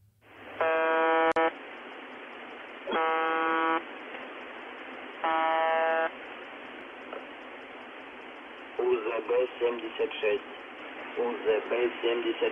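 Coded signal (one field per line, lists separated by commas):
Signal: numbers station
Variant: UVB-76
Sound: three harsh one-second buzzes about two seconds apart over static, then a voice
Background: radio static, speech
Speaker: the Russian government has run a shortwave station known as UVB76. Now, this station mostly plays the constant repeated grading sounds of an alarm, but it is broken up occasionally by the odd military command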